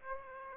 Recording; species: mosquito wingbeat signal from an infrared sensor; Aedes aegypti